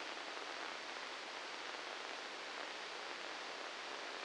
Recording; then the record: brain microelectrode recording played as sound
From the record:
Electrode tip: inside the subthalamic nucleus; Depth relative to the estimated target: -2 mm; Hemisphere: left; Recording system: NeuroSet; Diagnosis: Parkinson's disease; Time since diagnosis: 7 years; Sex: male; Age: 44 years